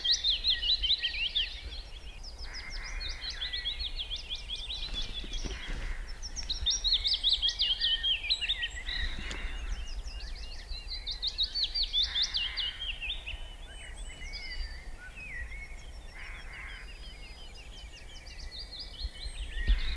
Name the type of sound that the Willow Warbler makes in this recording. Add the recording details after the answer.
song. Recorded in the wild. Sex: male. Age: adult. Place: Schönow, Naturpark Barnim, Brandenburg, DE. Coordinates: 52.69, 13.5125. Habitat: heath. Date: 2005-04-10. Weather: cloudy, 0°C, no wind. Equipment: Tascam DA-P1, Sennheiser MKH 70, Windschutz. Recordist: Frommolt, Karl-Heinz. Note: Naturschutzgebiet Schönower Heide: Gesang. Entfernung 5 m